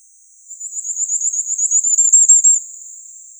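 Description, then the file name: Firecrest song: a single thin, very high series of notes lasting about two seconds, growing louder and climbing slightly. "Korolek krasnogolovyj"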